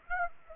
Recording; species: mosquito wingbeat signal from an infrared sensor; Aedes aegypti